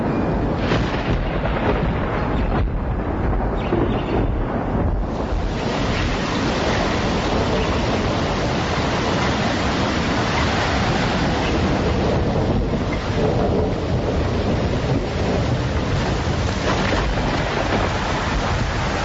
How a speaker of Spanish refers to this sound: Una noche antes del invierno, llega una tormenta que parecía el resfrío del infierno, donde los árboles se vuelan, las casas y las gentes parecen de papel, juguetes que el cielo reclama. La tormenta avanza hecha oscuridad absoluta.